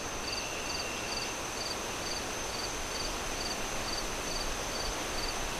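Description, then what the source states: Cricket chirping in short pulses about twice a second over a steady high whine and a constant roar of wind noise. Crickets chirping at night with wind howling through trees.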